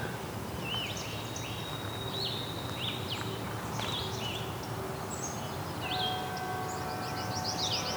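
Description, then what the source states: Northern Parula song: a fast, rising series of high notes climbing toward the end, among several other birds' whistles and chips over steady background noise. Song heard as a very fast warble that accelerates to a squeak.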